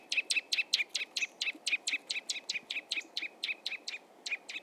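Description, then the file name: Eurasian nuthatch calling in a quick run of sharp, repeated notes. "Sitta europaea"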